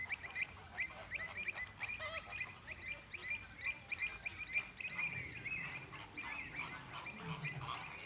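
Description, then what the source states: Flamingo flock calling, many nasal honks around the same pitch overlapping in a steady, busy chatter throughout. Flamingos recorded in the flamingo enclosure at Bristol Zoo.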